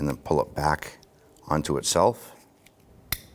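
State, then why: Seated. Someone talks while a new rear wiper blade is slid onto the J-hook of the wiper arm on a 2007-2017 Jeep Patriot and pulled back onto itself. A faint tick comes at 2.7 s, then the blade's plastic adapter snaps sharply into place at 3.1 s, locking the blade onto the arm.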